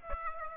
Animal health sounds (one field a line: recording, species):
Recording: mosquito wingbeat signal from an infrared sensor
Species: Aedes aegypti